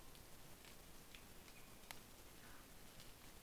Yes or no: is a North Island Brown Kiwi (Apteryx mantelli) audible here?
no